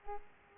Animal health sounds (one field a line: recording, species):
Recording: mosquito wingbeat signal from an infrared sensor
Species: Culex pipiens